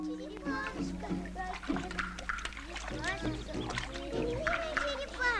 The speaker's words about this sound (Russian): Дети купают спасенную черепаху в водосточном желобе.